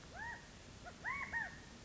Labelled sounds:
California Quail (Callipepla californica)
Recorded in Sonoma County, California

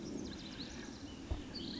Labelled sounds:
California Quail (Callipepla californica)
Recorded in Sonoma County, California

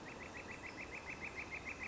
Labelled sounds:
Northern Flicker (Colaptes auratus)
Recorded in Sonoma County, California

